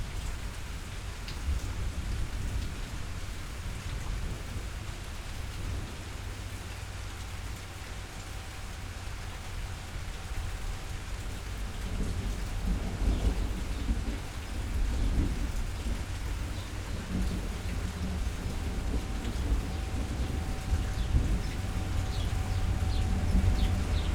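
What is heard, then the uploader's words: Rain falls steadily throughout, a dense patter with scattered sharper drops. Underneath runs a deep, continuous rumble that swells after about twelve seconds and grows heavier toward the end, like distant thunder rolling on. A faint steady tone hums in the background. Thunder and Rain.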